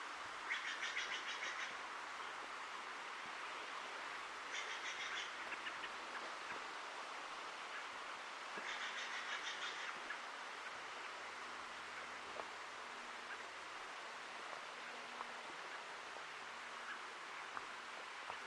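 Forest ambience in an old-growth preserve, with a steady, dense hiss of traffic filling the background throughout. Three short, buzzy bird trills ring out near the start, around five seconds and around nine seconds, over a faint low intermittent hum.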